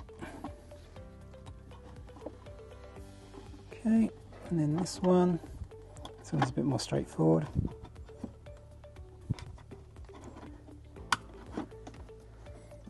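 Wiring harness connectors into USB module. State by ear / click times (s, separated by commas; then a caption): seated / 11.1 s. Two wiring harness cable connectors are pushed into the back of a replacement USB data module for a Tesla Model 3 and Y while someone talks over quiet background music. A sharp click at 11.1 s marks the connectors seating, and both end up plugged in.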